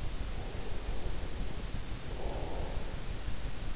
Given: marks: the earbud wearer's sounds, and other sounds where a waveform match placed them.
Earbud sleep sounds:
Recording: sounds in sleep by an in-ear microphone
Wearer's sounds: breath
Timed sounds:
0.14-3.69 s: breath

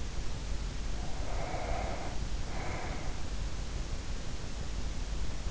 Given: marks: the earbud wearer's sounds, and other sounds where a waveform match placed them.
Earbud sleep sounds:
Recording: sounds in sleep by an in-ear microphone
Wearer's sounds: breath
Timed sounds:
0.62-3.44 s: breath

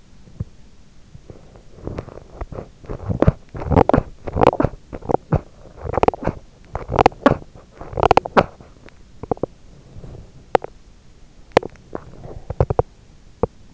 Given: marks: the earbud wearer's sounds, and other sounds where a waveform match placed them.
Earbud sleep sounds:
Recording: sounds in sleep by an in-ear microphone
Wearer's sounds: teeth grinding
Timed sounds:
0.00-13.73 s: teeth grinding

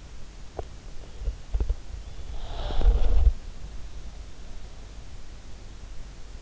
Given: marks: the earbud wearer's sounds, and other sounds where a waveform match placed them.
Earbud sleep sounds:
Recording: sounds in sleep by an in-ear microphone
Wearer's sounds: teeth grinding, body movement, breath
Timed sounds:
0.00-1.88 s: teeth grinding
1.88-3.35 s: body movement
2.19-3.58 s: breath

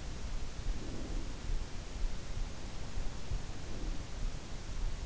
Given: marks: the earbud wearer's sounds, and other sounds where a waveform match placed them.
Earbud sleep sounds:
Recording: sounds in sleep by an in-ear microphone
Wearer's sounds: breath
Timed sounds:
0.47-1.64 s: breath

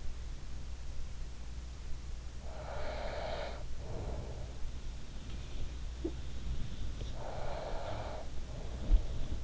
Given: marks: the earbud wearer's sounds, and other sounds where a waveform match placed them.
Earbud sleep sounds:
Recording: sounds in sleep by an in-ear microphone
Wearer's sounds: breath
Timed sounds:
2.52-4.77 s: breath
6.05-6.26 s: sound from someone else or the room
7.13-9.44 s: breath

